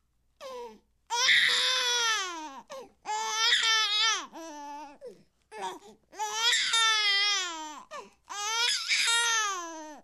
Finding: Newborn Baby Crying.